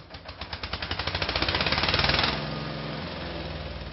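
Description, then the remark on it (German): Loud construction machinery at the construction site of the planned Roots building, where Palestinian construction workers are working, hammers in a rapid, accelerating rhythm that builds to a peak, then settles into a steady, rumbling engine drone with a dense low-frequency throb. “An der sehr lauten Baustelle für das geplante Roots-Gebäude angekommen, entsteht eine Diskussion.”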